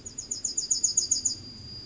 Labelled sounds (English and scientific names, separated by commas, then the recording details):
Yellowhammer (Emberiza citrinella) song
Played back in forest
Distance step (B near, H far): D
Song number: 159